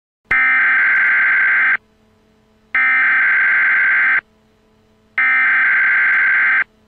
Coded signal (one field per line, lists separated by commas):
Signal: Emergency Alert System (SAME) tones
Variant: header bursts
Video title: Emergency Alert System Long Island Hurricane Watch Alert (MOCK).